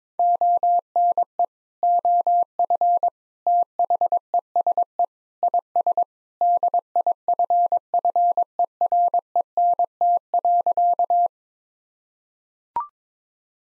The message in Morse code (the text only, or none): ONE OF THESE IS DIFFERENT.